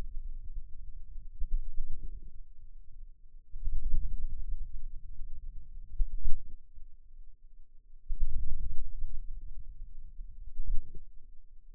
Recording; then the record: forearm muscle sounds (acoustic myography)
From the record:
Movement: wrist flexion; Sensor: system 2, bracelet of six BSWA MPA416 microphones around the upper forearm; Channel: 5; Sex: male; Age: 22 years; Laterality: right